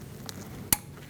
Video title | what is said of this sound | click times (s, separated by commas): How to Replace Radiator 2000-2006 Mini Cooper 1.6L L4 | Make sure you hear that click. | 0.7 s